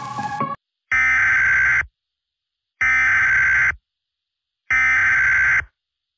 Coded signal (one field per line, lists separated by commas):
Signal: Emergency Alert System (SAME) tones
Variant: header bursts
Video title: rating my fan made eas alarms form my fan made countries